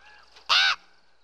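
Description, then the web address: Crow giving one short, harsh, loud caw, with a quiet background before and after. "ворона"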